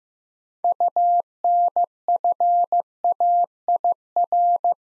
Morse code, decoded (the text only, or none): UNFAIR